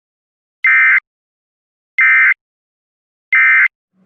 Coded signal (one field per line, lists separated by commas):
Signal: Emergency Alert System (SAME) tones